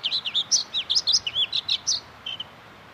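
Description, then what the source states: Bluethroat song: a fast series of varied, slurred and chirping high notes ending with two short notes. Recorded in Inari, Finland; bluethroats mimic other species, including non-European ones from their wintering areas.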